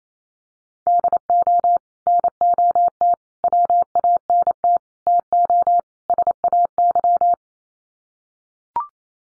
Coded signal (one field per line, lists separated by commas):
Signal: Morse code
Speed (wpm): 28 wpm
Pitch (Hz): 700 Hz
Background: none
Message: DO NOT WANT TO SAY